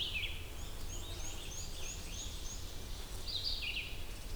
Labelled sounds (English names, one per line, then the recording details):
Red-eyed Vireo song
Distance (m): 25 m
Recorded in boreal forest in Alberta, Canada, on 20 June 2016 at 08:05
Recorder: SongMeter 3, array SBT-6-81
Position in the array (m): 43 m, 216 m